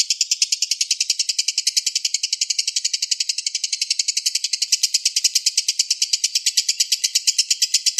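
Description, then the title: Oriental magpie-robin song made of a steady, rapid series of identical buzzy-chattering notes running throughout, no pauses and no other audible sounds. "Kicau Kacer Durasi Panjang 1jam Lebih"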